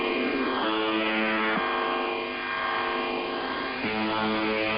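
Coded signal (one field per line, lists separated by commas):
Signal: channel marker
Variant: UVB-76 (The Buzzer)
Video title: [Old Recording] The Buzzer/UVB-76 Weird Sound Transmission 01/07/2023 16:11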